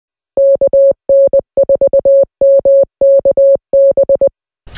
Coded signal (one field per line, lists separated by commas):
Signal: Morse code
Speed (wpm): 20 wpm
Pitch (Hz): 550 Hz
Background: music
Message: KN4MKB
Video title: Sending an Email Over HF Radio Using Winlink